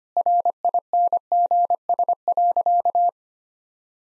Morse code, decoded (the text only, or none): RINGS.